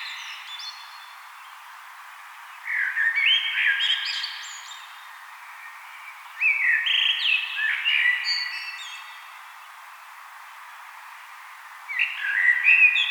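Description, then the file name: Common blackbird song, three melodious whistled phrases with scratchy high endings, spaced roughly four to five seconds apart with quiet background between. "Turdus merula"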